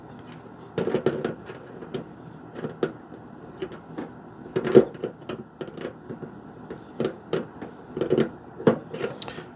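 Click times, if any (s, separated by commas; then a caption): none. Needle-nose pliers work a metal pushrod clevis against the control horn of a wooden Hangar 9 J-3 Cub 10cc RC airplane, making a series of light metallic taps, scrapes and brief sharp ticks against a quiet background. The clevis does not snap onto the horn, and nothing has seated or clicked yet, so it has to be taken off and loosened.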